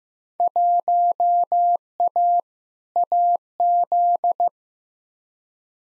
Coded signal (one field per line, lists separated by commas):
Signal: Morse code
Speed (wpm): 15 wpm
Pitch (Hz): 700 Hz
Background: none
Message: 1A AZ